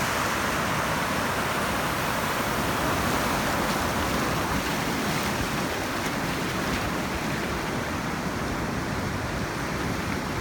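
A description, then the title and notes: Surf at a beach on Costa Rica's Pacific coast rolls in as a dense, constant roar with no distinct wave breaks standing out. The sound is heavy and low, steady in level across the whole stretch, with a faint hiss of spray riding above it. Playa dominical, Puntarenas, Costa Rica. The southernmost section of playa dominical on Costa Rica.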